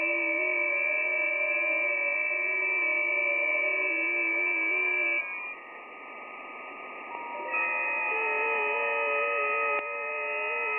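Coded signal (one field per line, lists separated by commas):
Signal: FT8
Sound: several overlapping faint warbling tones, a pause, then new tones start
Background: radio static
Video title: FT8 Decoding Digital Signals on Yaesu FTdx3000 receiving in the Netherlands 4/6/2023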